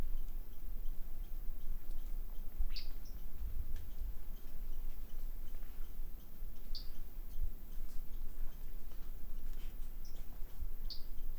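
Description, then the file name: Brachycephalus tridactylus giving a few brief, high-pitched single notes against constant background hiss and light ticking. Individual 02, not collected; recorded by M.R. Bornschein, possibly 10 March 2016. "Brachycephalus tridactylus individual 02 not collected by MR Bornschein 160310"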